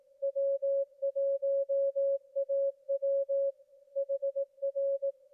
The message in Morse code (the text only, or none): W1AW HR